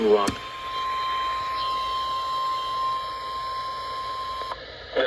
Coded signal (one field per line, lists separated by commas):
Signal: Emergency Alert System (SAME) tones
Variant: 1050 Hz attention tone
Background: speech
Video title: EAS 345 - SVR